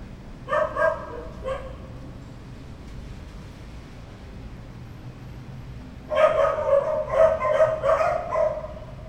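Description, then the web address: Dog barking, a short burst of three barks at the start, a pause, then a rapid run of about six barks near the end over low hum. "verbi voco danca visual. Chiens"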